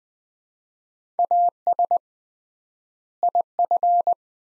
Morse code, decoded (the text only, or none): AS IF